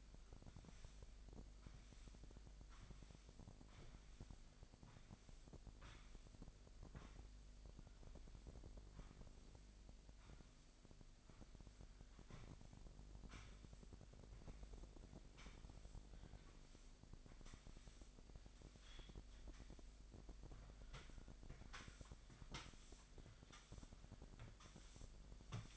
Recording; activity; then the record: daily activity, microphone in the room; sweep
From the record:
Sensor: 5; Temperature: 25.1 degrees Celsius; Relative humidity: 39.7%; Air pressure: 1001.7 hPa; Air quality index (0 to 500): 181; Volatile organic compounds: 12 ppm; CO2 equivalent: 2326 ppm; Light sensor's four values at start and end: 28/95/36/37 and 27/91/34/36